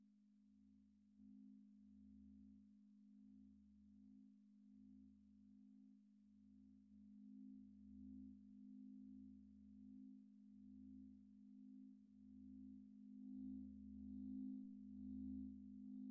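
Antique Tibetan singing bowls ring in a steady, sustained low hum that swells slowly louder over the sixteen seconds. Beneath it, a deeper tone pulses in an even beat, about once every second and a half, and a faint higher shimmer appears near the end.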